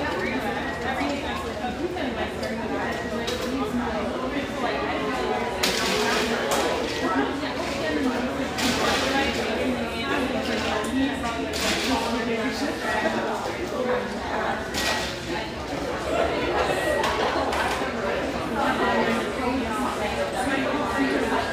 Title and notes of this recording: Overlook, Portland, Oregon. This mellow, exposed-brick gem frequented by railyard staff